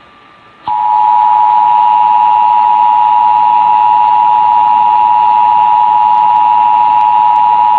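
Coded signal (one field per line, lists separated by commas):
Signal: Emergency Alert System (SAME) tones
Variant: 853 and 960 Hz attention tone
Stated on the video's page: National Periodic Test SAME tones relayed by a low-power Two Harbors, Minnesota broadcast station.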